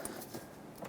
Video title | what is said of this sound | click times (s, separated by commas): How to Replace Transmission Lines 2003-2021 Chevrolet Express Van 3500 | until you hear a click or you see this little locking clip snapping down into place | 0.0 s